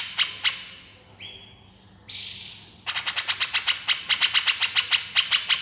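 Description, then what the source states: Grey-cheeked Bulbul giving two harsh notes, then two whistles, followed by a fast series of buzzy chatter notes. Female bird.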